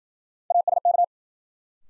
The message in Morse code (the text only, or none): ASK